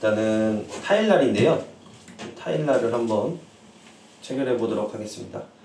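A tile cutting disc is handled at the X-LOCK one-touch mount of a Bosch GWX 18V-10SC 18V brushless cordless angle grinder while someone talks. Nothing has seated or clicked yet; the disc is not yet home.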